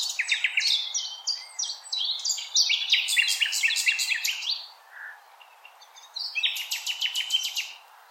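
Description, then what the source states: Common nightingale singing fast chattering phrases of repeated notes and trills, a short pause with a soft low note, then a rapid rattling burst. Recorded 16 April 2021.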